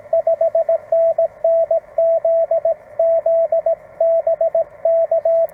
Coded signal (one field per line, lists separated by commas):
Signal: Morse code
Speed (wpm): 16 wpm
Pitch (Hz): 660 Hz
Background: radio noise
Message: 5NN ZZ BK